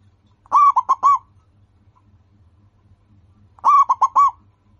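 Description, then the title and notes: Zebra dove giving two matching phrases of quick, bouncy coos, four notes apiece, separated by a few seconds of silence. Local-strain zebra dove singing actively and often, described as having a loud, clear, crystal-like voice. "PERKUTUT LOKAL GACOR Suara KRISTAL LANTANG. Kicau Burung Perkutut"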